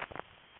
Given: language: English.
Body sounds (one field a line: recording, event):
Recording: throat vibration sensor signal played as sound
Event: swallow